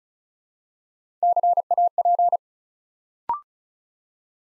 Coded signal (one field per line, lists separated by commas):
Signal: Morse code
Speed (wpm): 36 wpm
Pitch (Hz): 700 Hz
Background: none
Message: CAP